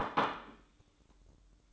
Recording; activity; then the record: daily activity, microphone in the room; place plate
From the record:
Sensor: 3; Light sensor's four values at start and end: 10/23/9/10 and 10/23/9/10